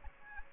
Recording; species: mosquito wingbeat signal from an infrared sensor; Aedes aegypti